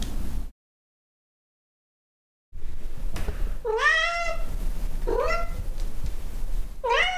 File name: Cat Meow